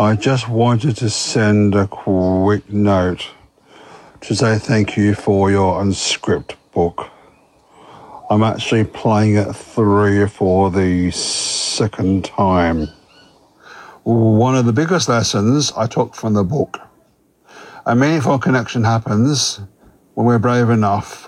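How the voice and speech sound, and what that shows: Adult man reads a thank-you message with stretched sounds and long pauses: stuttering, which he says has made communication challenging throughout his life.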